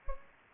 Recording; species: mosquito wingbeat signal from an infrared sensor; Anopheles gambiae